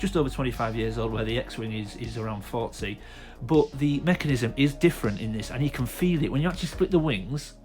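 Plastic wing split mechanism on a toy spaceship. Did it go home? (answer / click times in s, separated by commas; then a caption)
no / none. Someone talks while handling a plastic 1990s toy X-Wing spaceship, getting ready to split its wings with the plastic wing split mechanism. The mechanism has not clicked or locked open yet, and nothing has seated by the end of the clip.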